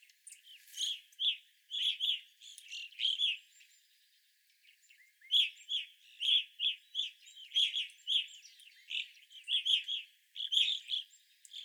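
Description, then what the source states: Evening grosbeaks calling in a chattering flock, clipped ringing chirps tumbling in groups with a short quiet gap near four seconds. Several evening grosbeaks recorded on 25 April 2021.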